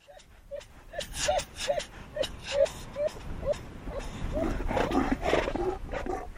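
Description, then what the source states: Fur seals fighting: quick repeated arched yelps at first, then a louder stretch of harsh, rasping growls. Two fur seals fighting.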